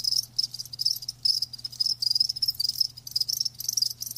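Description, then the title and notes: Crickets chirping in high, rapid pulsed trills in bursts, with a faint steady low hum underneath. Live crickets chirping; a lulling song. "Live Crickets Chirping. RainManCJ"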